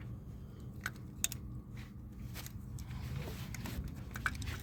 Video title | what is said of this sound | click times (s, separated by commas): Tune Up & Oil Change on the 04 Trailblazer | we go. It clicked in place now. Alright. | 1.2 s